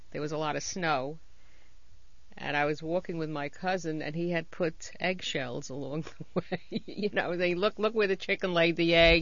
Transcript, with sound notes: there was a lot of snow. And I was walking with my cousin, and he had put eggshells along the way. () ( she laughs ) You know, "Look where the chicken laid the egg."